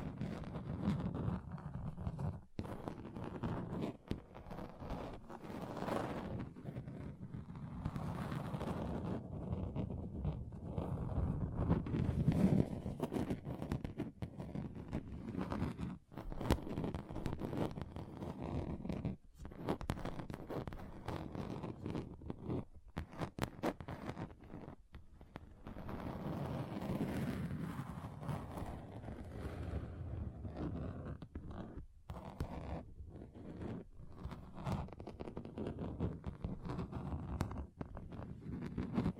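Tapping on a table's different surfaces, a dense stream of soft, low knocks with fingers drumming almost continuously for the whole stretch. The taps come fast and unevenly, swelling in places around 12 and 27 seconds, with brief gaps where the sound drops out.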